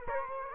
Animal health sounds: mosquito wingbeat signal from an infrared sensor; Culex quinquefasciatus

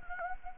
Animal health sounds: mosquito wingbeat signal from an infrared sensor; Anopheles gambiae

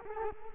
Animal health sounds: mosquito wingbeat signal from an infrared sensor; Culex quinquefasciatus

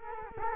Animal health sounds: mosquito wingbeat signal from an infrared sensor; Culex quinquefasciatus

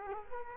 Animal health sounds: mosquito wingbeat signal from an infrared sensor; Culex quinquefasciatus

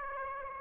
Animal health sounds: mosquito wingbeat signal from an infrared sensor; Aedes aegypti

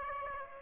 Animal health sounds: mosquito wingbeat signal from an infrared sensor; Aedes aegypti

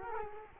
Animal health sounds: mosquito wingbeat signal from an infrared sensor; Culex quinquefasciatus

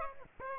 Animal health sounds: mosquito wingbeat signal from an infrared sensor; Aedes aegypti

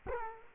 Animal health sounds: mosquito wingbeat signal from an infrared sensor; Culex quinquefasciatus

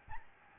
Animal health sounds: mosquito wingbeat signal from an infrared sensor; Aedes albopictus

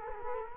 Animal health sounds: mosquito wingbeat signal from an infrared sensor; Culex quinquefasciatus

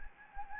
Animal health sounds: mosquito wingbeat signal from an infrared sensor; Anopheles gambiae

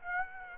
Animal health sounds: mosquito wingbeat signal from an infrared sensor; Aedes aegypti

